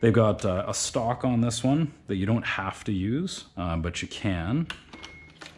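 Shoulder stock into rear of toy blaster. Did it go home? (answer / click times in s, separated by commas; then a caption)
yes / 5.0 s, 5.5 s. Someone talks while the detachable plastic shoulder stock of a Nerf Rival Hypnos foam-ball toy blaster by Hasbro is pushed onto the rear attachment point. Two short, sharp clicks sound at 5.1 s and 5.5 s as the stock seats and clicks into place.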